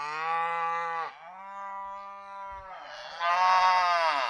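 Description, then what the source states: Cow mooing in long continuous bellows, dipping briefly twice, the last part louder. Family of brown Sussex cows calling to another family of cows in the next field; recorded by Roger Stamp, broadcast 6 June 2020.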